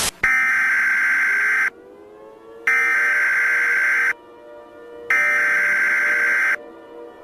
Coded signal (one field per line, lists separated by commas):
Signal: Emergency Alert System (SAME) tones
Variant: header bursts